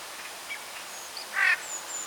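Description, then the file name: Eurasian jay giving a single short, harsh rasping screech against a faint background of thin, high bird notes. "Garrulus glandarius"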